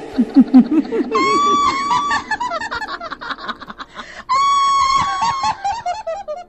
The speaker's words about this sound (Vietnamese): Con quỷ hét lên trong hoảng loạn.